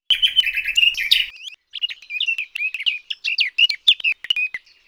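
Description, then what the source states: Bird song: a fast, dense run of high chirps and short twittering notes, rapidly varied and broken by brief pauses throughout, with no other clear sounds. Single bird song unit.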